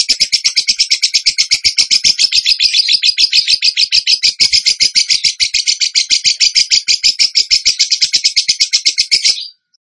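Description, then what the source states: Bird song, a dense high trill of rapid staccato notes lasting about nine seconds before cutting off sharply. Training song for songbirds, in the tembakan gacor style.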